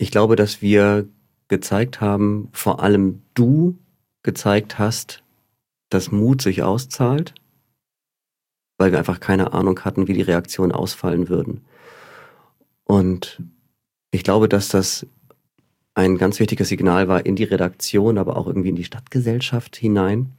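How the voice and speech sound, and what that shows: A man speaks fluent German in a low, steady voice with natural pauses; ordinary speech with no disorder.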